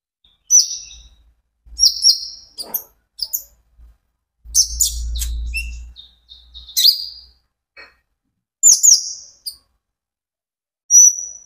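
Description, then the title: Van Hasselt's sunbird song: sharp high chirps and slurred squeaks spread across the passage, with a low rushing rumble partway through. Steady, continuous song, used as a lure and for therapy to get birds to answer and sing. "KOLIBRI NINJA KONIN IJOAN GACOR COCOK UNTUK PANCINGAN TERAPI KONIN BAHAN PASTI NYAUT"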